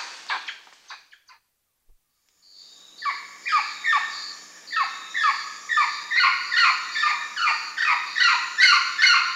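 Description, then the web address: Common woolly monkey calls: a brief scatter of notes, a pause, then a fast run of harsh, harmonic yelping calls repeated more than twice a second. South American rainforest primate. "ENTER Music and Audio J - Nature Songs S America Primates of the Rainforest Common woolly monkey"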